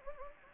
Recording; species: mosquito wingbeat signal from an infrared sensor; Anopheles gambiae